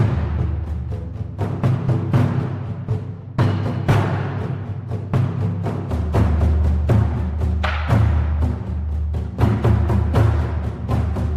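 Inside a eucalyptus grove, a steady low rumble runs throughout while sharp crackling snaps and ticks break in irregularly, several per second at times. A brief thin high whistle appears around the four-second mark.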